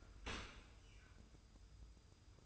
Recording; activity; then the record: daily activity, microphone in the room; open dishwasher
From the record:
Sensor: 2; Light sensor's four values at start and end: 25/59/24/24 and 25/59/24/24